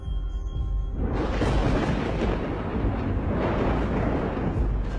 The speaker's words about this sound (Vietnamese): Bất ngờ loang loáng một tiếng, trên tầng không một tia sét giáng thẳng xuống.